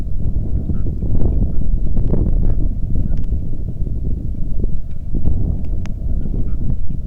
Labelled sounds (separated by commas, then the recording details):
waterfowl, wind, rain
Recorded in the Arctic National Wildlife Refuge, Alaska, on 3 August 2019 at 09:06
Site 46